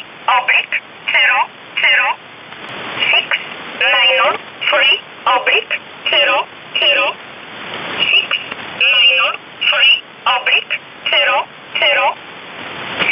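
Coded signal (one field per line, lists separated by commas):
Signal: numbers station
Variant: E11 Oblique, English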